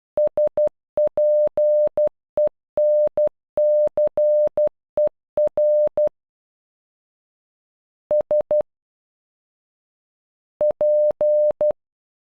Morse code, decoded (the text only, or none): SPENCER S P